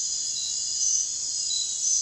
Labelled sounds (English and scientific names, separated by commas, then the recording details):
none
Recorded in secondary vegetation near Puerto Asís, Putumayo, Colombia, on 28 February 2025 at 03:00
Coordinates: 0.484, -76.319
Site G010